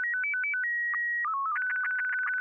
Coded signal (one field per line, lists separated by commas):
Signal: SSTV (slow-scan television)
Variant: Scottie 1